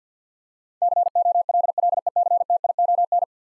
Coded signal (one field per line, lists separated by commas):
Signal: Morse code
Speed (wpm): 48 wpm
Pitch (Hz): 700 Hz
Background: none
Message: COLLECTION